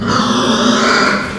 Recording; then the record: squeal of a Yucatan mini pig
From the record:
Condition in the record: after surgery on the right vocal fold (resection and tissue-engineered implant); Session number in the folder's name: 17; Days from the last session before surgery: 195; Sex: female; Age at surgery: 19 weeks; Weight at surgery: 25 kg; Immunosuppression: prednisolone